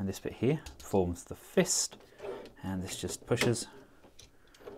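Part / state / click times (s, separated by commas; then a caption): fist piece into the arm of a transforming robot toy / seated / 4.2 s. Someone talks while pushing the fist piece into the arm of a plastic transforming robot toy, a Battle Strike Team Season 4 Railway Vanguard Thunderbreak Saver. A sharp click at 4.2 s marks the fist locking into place, followed by a quieter tick at about 4.6 s.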